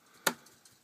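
The black plastic microswitch holder, with its wires attached, on an arcade fruit machine push button is twisted slightly counter-clockwise until its bayonet lock clicks open, so it can be pulled straight out with its bulb. A single sharp, bright click lands at 0.3 s, followed by a couple of faint ticks and quiet handling noise. The holder is released.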